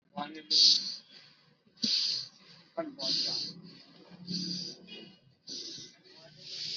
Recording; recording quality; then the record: deep breathing; moderate, slight background noise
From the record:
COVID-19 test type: RT-PCR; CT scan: not taken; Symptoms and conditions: none ticked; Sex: male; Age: 19 years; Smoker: no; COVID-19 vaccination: both doses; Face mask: worn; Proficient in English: yes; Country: India